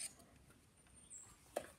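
A small part that has been bent around the governor shaft of a Victor V phonograph with a small screwdriver is being worked into place on the governor assembly. Faint, light handling noises and a brief high-pitched tone are followed by a single sharp tap at about 1.6 s. The part has not seated or clicked into place yet.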